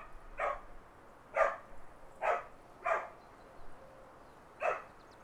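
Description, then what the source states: Dog barking: several single barks at irregular intervals, with a soft background hiss. Country dogs barking.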